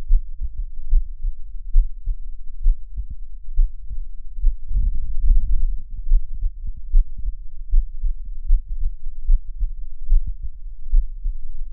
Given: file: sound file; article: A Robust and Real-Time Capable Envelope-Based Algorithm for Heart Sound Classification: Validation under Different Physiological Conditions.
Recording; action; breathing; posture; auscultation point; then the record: heart sounds by electronic stethoscope; rest; normal; lying on stomach; Erb’s point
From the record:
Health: healthy, no known heart disease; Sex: male